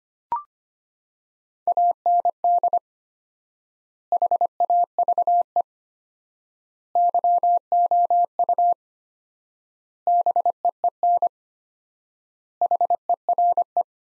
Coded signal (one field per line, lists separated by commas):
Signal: Morse code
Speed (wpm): 25 wpm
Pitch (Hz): 700 Hz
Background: none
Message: AND HAVE YOU BEEN HERE